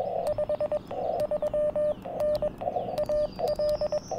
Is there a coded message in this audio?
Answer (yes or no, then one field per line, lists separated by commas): yes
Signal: Morse code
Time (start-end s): 0.3-4.0 s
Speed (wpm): 21 wpm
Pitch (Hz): 600 Hz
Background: none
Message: 53N AL